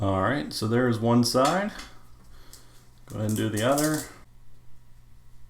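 A band end is being handled at the band slot of a blue aluminum Apple Watch Series 6 case as the second side of the band is readied. Someone talks at the start and again near the end, with faint handling noise in the pause between. Nothing has seated or clicked yet.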